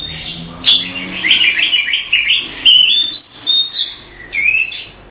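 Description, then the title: Oriental magpie-robin song with rapid chattering notes and bright whistles, a busy run early on, then softer phrases after a brief pause. "Kacer"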